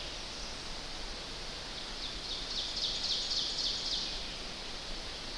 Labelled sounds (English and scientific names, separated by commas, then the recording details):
Ovenbird (Seiurus aurocapilla) song
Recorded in boreal forest in Alberta, Canada, on 10 June 2016 at 06:54
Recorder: SongMeter 3, array SBT-3-39
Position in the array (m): 198 m, 75 m
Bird 17